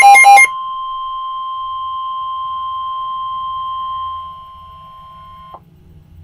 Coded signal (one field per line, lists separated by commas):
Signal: Emergency Alert System (SAME) tones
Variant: 1050 Hz attention tone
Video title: EAS #441 - Severe Thunderstorm Warning (7/28/2012)